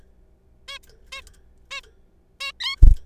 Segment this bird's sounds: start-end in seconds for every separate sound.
0.68-0.79, 1.12-1.21, 1.71-1.81, 2.40-2.52, 2.60-2.76